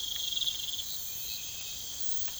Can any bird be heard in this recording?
no